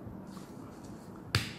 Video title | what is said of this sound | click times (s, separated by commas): Cara Menbersihkan atau Menganti Filter Xiaomi Purely Masker Anti Polusi Air Mask | Ya udah bunyi Click hai tuh | 1.3 s